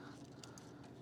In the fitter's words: and they snap right in